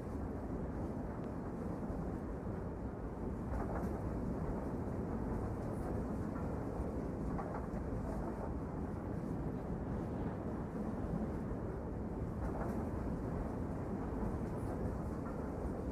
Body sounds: background sound without coughing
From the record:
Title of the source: Train Ride Ambience ambient white noise for sleeping, focus, studying, reading

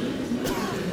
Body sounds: coughing mixed with background sound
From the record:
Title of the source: Coughing 51

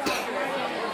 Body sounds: coughing mixed with background sound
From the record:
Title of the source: 64 coughing, allergies, singing lungs

